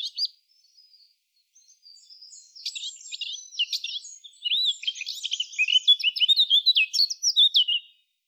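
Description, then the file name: Eurasian blackcap song: soft, scratchy twittering that swells into a loud, rapid warble of slurred, fluty whistles over several seconds, ending cleanly. "Sylvia atricapilla"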